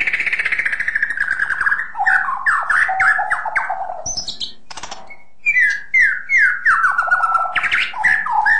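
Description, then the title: Long-tailed shrike song, a descending chattering run followed by short whistled slurs repeated in quick succession, mixed with scratchy notes. "Kicau Burung Pentet"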